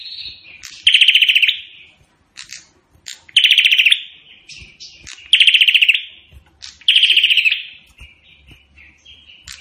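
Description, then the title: Prinia singing a machine-gun-like rattle, four fast pulsed bursts, with thin high chirps and slurred notes between them. Indonesian prenjak in vigorous full song (gacor), its call described as sounding like AK-47 gunfire. "Burung Prenjak Gacor Suara Tembakan Ak-47"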